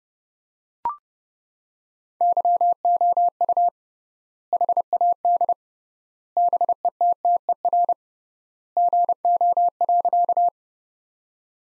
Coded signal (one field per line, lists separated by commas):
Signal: Morse code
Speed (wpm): 30 wpm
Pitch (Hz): 700 Hz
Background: none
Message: YOU HAD BETTER GO.